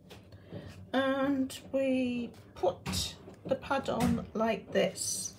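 A disposable, cardboard-backed wet mopping pad is handled at the underside pad mount of an iRobot Braava Jet robotic mop while someone talks. Faint handling noises are heard under the voice. Nothing has seated or clicked yet.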